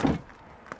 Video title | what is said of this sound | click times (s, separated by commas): DER NEUE PÖSSL CAMPSTAR - AB 63.999 € - Einzigartige Schwenkküche und viele weitere Innovationen | eingerastet ist ihr | 0.7 s